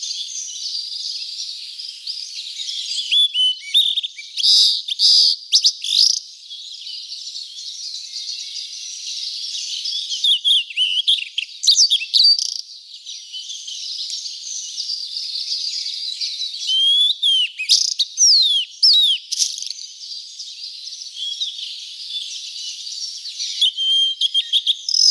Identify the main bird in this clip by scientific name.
Cyanoptila cyanomelana